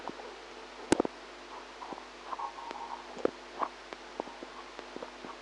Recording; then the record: brain microelectrode recording played as sound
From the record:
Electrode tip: outside the subthalamic nucleus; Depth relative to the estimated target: 1 mm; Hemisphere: right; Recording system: NeuroSet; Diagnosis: Parkinson's disease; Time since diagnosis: 8 years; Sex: female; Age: 45 years